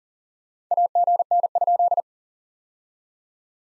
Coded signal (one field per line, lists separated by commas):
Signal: Morse code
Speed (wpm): 40 wpm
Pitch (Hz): 690 Hz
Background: none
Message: AGN?